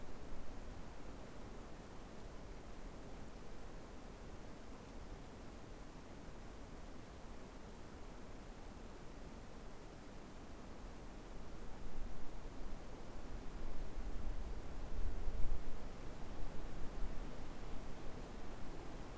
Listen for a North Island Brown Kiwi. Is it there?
no